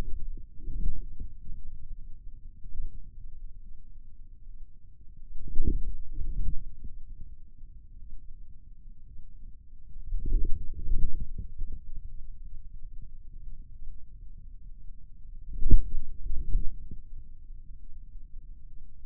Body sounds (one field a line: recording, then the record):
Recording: forearm muscle sounds (acoustic myography)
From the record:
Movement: inward rotation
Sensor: system 2, bracelet of six BSWA MPA416 microphones around the upper forearm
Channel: 2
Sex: male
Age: 22 years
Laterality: right